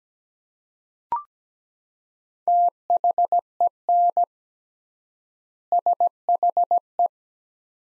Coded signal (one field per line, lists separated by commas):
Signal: Morse code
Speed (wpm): 17 wpm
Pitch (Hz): 700 Hz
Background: none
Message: THEN SHE